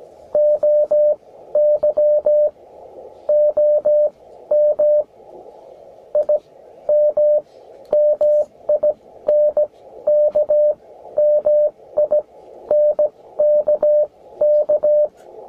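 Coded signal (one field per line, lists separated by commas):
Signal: Morse code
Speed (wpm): 16 wpm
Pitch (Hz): 600 Hz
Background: none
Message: OY OM I M MINK MINK K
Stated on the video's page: CW QSO on 21 MHz keyed with a Begali Intrepid bug key.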